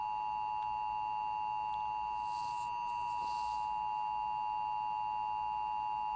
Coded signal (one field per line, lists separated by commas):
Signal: Emergency Alert System (SAME) tones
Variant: 853 and 960 Hz attention tone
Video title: 2019 National EAS Test Fail, Delaware